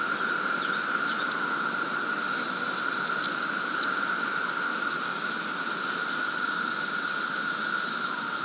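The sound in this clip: Cicada chorus drones steadily, then a rapid pulsing song starts midway and grows stronger, beating several times a second.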